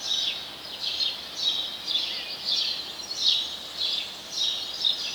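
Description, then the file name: House sparrow chirps, several bright, slightly slurred notes spaced irregularly under a constant background hiss. "Passer domesticus"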